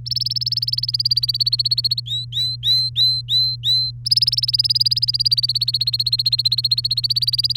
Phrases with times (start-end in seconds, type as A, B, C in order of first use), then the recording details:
0.06-2.00 A, 2.06-3.91 B, 4.05-7.57 A. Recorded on 3 May 2018 at 12:10. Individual llb3